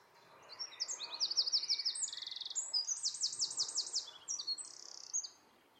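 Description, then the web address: Bird song: a long run of varied high trills, buzzes and looping notes delivered rapidly for about five seconds over a soft background hiss. "cianscape birddata Deverinetal 2025"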